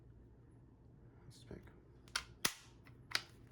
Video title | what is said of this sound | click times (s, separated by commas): The CZ P-09 | and then that'll snap right in | 2.2 s, 2.5 s